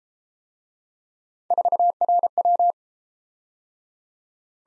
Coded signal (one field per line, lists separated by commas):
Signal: Morse code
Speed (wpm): 29 wpm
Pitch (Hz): 700 Hz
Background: none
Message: 4RW